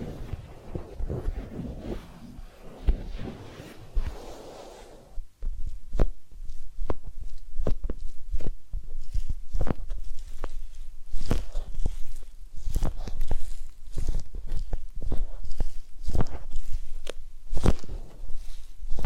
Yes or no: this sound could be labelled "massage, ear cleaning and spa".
yes